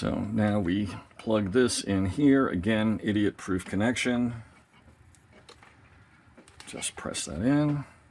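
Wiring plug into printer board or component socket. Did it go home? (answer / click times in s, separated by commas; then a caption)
no / none. A keyed plastic wiring connector on a Creality Ender 3 V2 3D printer is being plugged into its socket on the printer board or component. Someone talks, then after a quiet stretch a few faint short ticks of handling are heard before more talking. The clip ends before the connector goes home, so nothing has seated or clicked yet.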